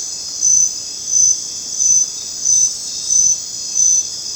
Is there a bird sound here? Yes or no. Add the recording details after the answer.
no. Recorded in dense forest near Puerto Asís, Putumayo, Colombia, on 19 June 2025 at 19:30. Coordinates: 0.484, -76.317. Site G045